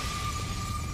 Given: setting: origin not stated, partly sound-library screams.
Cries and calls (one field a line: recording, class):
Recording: one-second piece from a danger detection set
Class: woman in danger